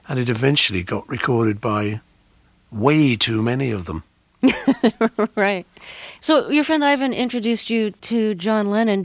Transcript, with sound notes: And it eventually got recorded by way too many of them.
(Laughter) Right. So your friend Ivan introduced you to John Lennon.